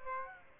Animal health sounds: mosquito wingbeat signal from an infrared sensor; Aedes aegypti

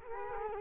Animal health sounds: mosquito wingbeat signal from an infrared sensor; Culex quinquefasciatus

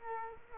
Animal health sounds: mosquito wingbeat signal from an infrared sensor; Culex quinquefasciatus

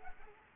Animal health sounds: mosquito wingbeat signal from an infrared sensor; Anopheles arabiensis

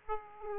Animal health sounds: mosquito wingbeat signal from an infrared sensor; Aedes aegypti

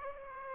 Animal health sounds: mosquito wingbeat signal from an infrared sensor; Aedes aegypti

